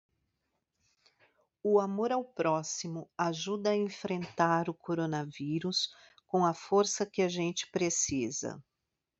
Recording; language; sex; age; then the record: spoken sentence; Brazilian Portuguese; female; 50 to 59 years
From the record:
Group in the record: control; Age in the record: 50 years